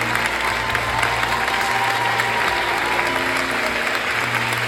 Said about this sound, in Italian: Prendiamo questo applauso come applauso alla Global Institute di Cortina.